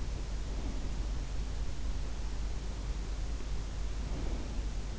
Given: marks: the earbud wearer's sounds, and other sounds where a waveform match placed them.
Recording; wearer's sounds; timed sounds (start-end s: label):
sounds in sleep by an in-ear microphone; breath
0.42-1.12 s: breath
4.07-4.73 s: breath